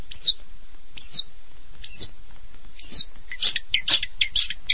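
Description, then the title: Long-tailed shrike song opening with sharp, high, downslurred notes about once a second, then a quick jumble of chirps. "Kicau Burung Pentet"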